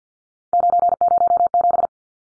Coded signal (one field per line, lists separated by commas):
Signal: Morse code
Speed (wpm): 50 wpm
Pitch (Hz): 700 Hz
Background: none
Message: 907